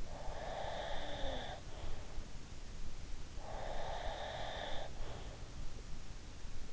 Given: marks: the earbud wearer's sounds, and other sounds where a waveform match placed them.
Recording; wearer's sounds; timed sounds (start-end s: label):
sounds in sleep by an in-ear microphone; breath
0.00-2.00 s: breath
3.42-5.62 s: breath